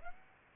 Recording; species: mosquito wingbeat signal from an infrared sensor; Aedes aegypti